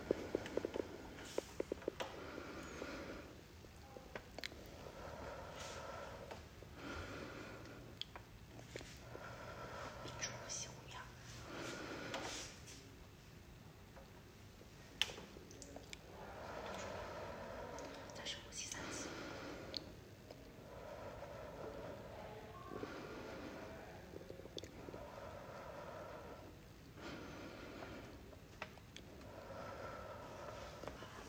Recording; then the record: deep breathing after running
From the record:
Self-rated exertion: moderate exertion (3 of 6); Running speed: 7 miles an hour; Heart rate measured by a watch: 119 beats a minute at the start, 111 at the end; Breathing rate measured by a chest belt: 17 breaths a minute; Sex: female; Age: 58 years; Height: 160 cm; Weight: 52 kg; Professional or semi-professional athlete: no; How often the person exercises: over 5 times a week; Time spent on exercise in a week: over 5 hours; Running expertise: no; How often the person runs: 3 to 5 times a week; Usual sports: running, swimming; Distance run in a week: 30 miles